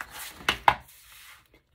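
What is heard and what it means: A gray plastic tray on a paper border maker, with the cutting cartridge already inserted, is opened and pops out. Two sharp hits sound at 0.5 and 0.7 seconds as it pops into place, followed by a faint soft tap near the end.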